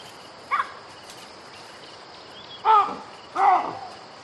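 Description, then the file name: Baboon barks: a brief faint call early, then two loud, hoarse barks in quick succession near the end, against a quiet hissing background. "audio hero Baboon"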